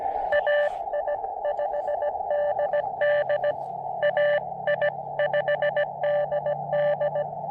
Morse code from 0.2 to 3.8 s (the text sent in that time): AI5DD